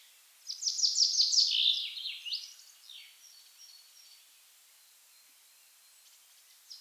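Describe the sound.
Common chaffinch song: one bright, fast phrase of tumbling, descending notes ending in a flourish, followed by a few seconds of quiet before another note begins at the end.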